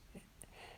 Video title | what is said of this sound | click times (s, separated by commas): How To: Replace The Ignition Switch On A 2005-2010 Chrysler 300 | So you push it on until it clicks like this. | 0.4 s